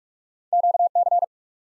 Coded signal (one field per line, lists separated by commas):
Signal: Morse code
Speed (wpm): 42 wpm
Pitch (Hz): 700 Hz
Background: none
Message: QC